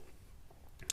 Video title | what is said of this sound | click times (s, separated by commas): Budget GSR Build. Connecting Pistons On Rods. Circlip Info blah blah | and I'm going to push I'm going to push this and you can hear it click in | 0.9 s